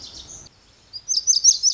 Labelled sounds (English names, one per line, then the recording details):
Lazuli Bunting
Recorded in Sonoma County, California